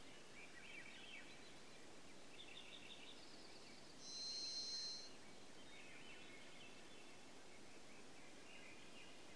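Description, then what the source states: Varied thrush song: a single long, steady, buzzy whistled note held about a second, over constant broad hiss, with faint chirping of other birds. Denali, Alaska, 10 June 2026.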